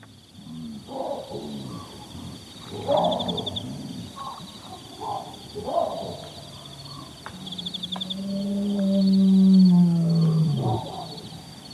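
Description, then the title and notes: Lion roaring: deep, drawn-out low moans that slide downward near the end, after a run of sharp, agitated baboon barks and calls. A faint steady high hum runs throughout. Lion territorial call recorded at dawn, 6:41 AM, 27 August 2015, by Hippo Hide on Chief's Island, Okavango Delta; heard briefly overnight, microphone left pointed toward it; baboons also heard. "Lions (And Baboons) At Dawn In Mombo. August 27 2015, 6:41 AM. Chief's Island, Okavango Delta"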